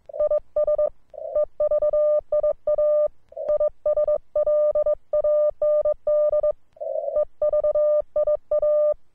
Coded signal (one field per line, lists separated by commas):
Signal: Morse code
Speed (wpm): 22 wpm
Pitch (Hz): 1200 Hz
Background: none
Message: IS EVIA ISLAND EVIA